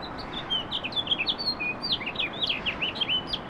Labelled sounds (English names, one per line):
House Finch song